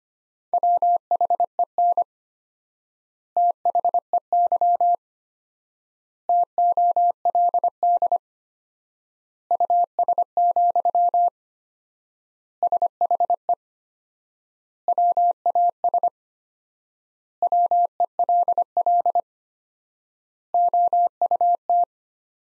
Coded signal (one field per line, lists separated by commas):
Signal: Morse code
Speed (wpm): 25 wpm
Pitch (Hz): 700 Hz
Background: none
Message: WHEN THEY TOLD US, SHE WAS WELL OUT